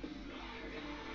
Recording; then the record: background sound without coughing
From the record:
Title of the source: BackgroundMusic